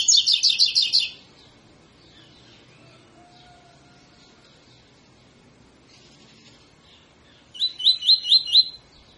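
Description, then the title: Double-collared seedeater song: a loud run of rapid notes at the start, a long pause with faint background, then another short phrase of quick notes. Tutor song used to train birds; 'tui tui fibra' song style. "COLEIRO TUI TUI FIBRA CANTO PROFESSOR"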